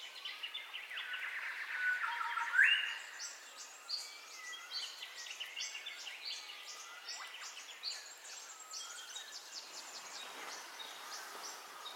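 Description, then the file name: Birds in a dawn chorus, a loud upward-sweeping whistle early on, then many faint chirps and short trills over background hiss. Dawn birdcall ambience, in stereo. "AMBIENCE DAWN BIRDCALLS 03 STEREO"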